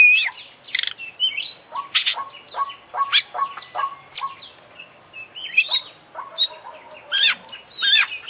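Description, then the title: Oriental magpie-robin song, a dense run of varied chattering and whistled phrases that rise and fall, delivered almost without pause. Indonesian songbird-hobby (kicau mania) kacer; full 'isian' song of a constantly singing (gacor) international champion, used for training other birds. "Kicau Mania - Full Isian Juara Internasional Burung KACER Gacor"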